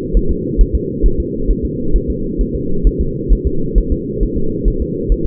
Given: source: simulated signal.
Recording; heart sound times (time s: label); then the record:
fetal heart sounds
0.17 s: S1
0.31 s: S2
0.61 s: S1
0.75 s: S2
1.06 s: S1
1.20 s: S2
1.51 s: S1
1.65 s: S2
1.96 s: S1
2.10 s: S2
2.41 s: S1
2.55 s: S2
2.87 s: S1
3.01 s: S2
3.33 s: S1
3.47 s: S2
3.78 s: S1
3.92 s: S2
4.23 s: S1
4.37 s: S2
4.68 s: S1
4.82 s: S2
5.12 s: S1
5.26 s: S2
From the record:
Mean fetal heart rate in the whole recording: 135 bpm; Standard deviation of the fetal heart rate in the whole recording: 3 bpm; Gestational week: 36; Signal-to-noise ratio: -8.1 dB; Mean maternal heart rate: 72 bpm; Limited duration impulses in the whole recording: absent